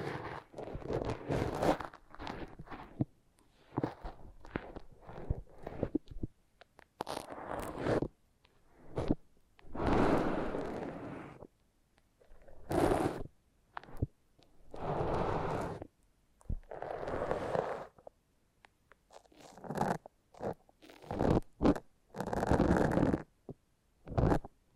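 Foam being massaged and squeezed gives a run of rubbing, squishing bursts separated by short silences. Quick crackly scrapes alternate with longer smeared swishes of a second or so, with louder, fuller strokes around ten, fifteen and twenty-two seconds.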